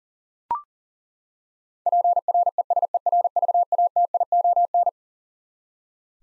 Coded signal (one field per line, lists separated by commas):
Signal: Morse code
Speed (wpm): 40 wpm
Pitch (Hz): 700 Hz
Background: none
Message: PRESERVATION